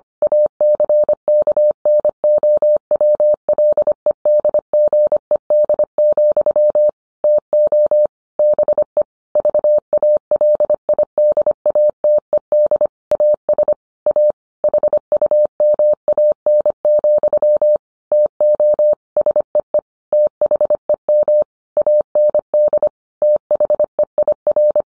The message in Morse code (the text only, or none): ACKNOWLEDGED, TO BE VALIDATED AS A HUMAN, TO SEE THEM AND THEIR